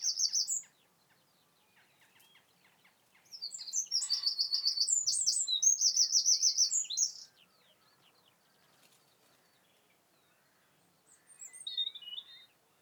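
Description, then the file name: Eurasian wren singing: a short high burst, a pause, then a four-second rush of fast trills and twitters, with another brief twittering phrase near the end. "Troglodytes troglodytes"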